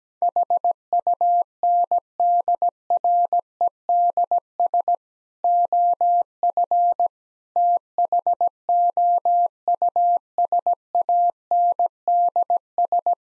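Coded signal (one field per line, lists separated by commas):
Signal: Morse code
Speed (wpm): 17 wpm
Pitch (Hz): 700 Hz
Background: none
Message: HUNDREDS OF THOUSANDS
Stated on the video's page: Morse practice of sentences containing common four-word phrases at 17 wpm, sent, spoken, then sent again.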